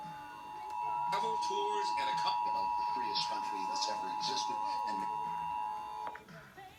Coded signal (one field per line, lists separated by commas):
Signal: Emergency Alert System (SAME) tones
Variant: 853 and 960 Hz attention tone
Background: speech